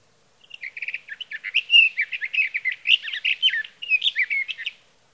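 Sage thrasher delivering a sustained warbled song: a few quick repeated notes, then an unbroken jumble of fluty, slurred phrases for about four seconds.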